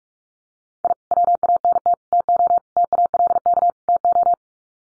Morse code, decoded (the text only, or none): I WANT TO TALK TO